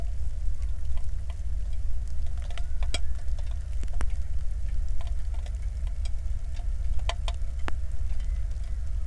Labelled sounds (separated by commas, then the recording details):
loon, flare stack, wind, rain
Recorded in the Prudhoe Bay oil fields, Alaska, on 1 August 2019 at 02:00
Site 25